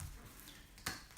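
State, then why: Seated. CO2 tubing is pushed hard into the push-fit connection on a regulator. Over a quiet, low handling rumble, a sharp click sounds at 0.9 s, followed by a softer tick near 1.2 s. The tubing locks in place and does not come out.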